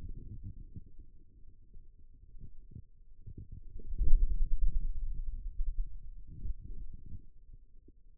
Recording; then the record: forearm muscle sounds (acoustic myography)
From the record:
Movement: ulnar deviation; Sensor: system 2, bracelet of six BSWA MPA416 microphones around the upper forearm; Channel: 4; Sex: male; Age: 22 years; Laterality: right